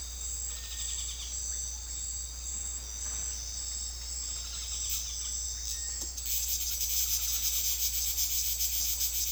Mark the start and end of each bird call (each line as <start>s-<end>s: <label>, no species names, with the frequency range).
0.45s-1.36s: bird call (2.0-4.3 kHz)
4.14s-5.30s: bird call (0.5-4.4 kHz)